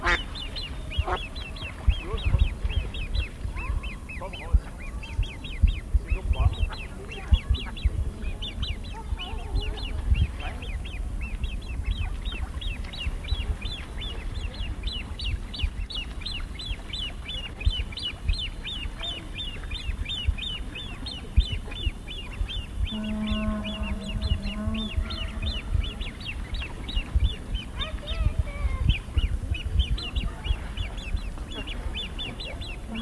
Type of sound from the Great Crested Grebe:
call